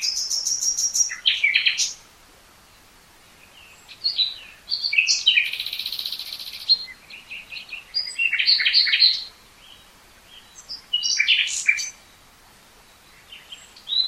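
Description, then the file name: Common nightingale song, a rapid clicking series, a long buzzy trill, and varied loud phrases broken by brief silences. "Luscinia megarhynchos"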